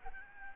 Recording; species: mosquito wingbeat signal from an infrared sensor; Aedes albopictus